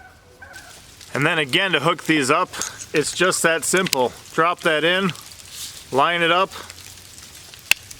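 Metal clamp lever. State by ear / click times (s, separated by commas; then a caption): seated / 7.7 s. A blade is dropped onto the quick-release mount of a VEVOR corded oscillating multi-tool and lined up while someone talks, then the clamp lever is closed. A sharp, loud snap at 7.7 s marks the blade locking in place, with a few fainter ticks around it.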